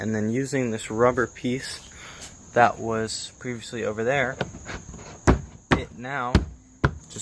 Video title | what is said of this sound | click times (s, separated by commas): $780 for THIS max low...(Function and Form type 2) | pops right in and | 6.9 s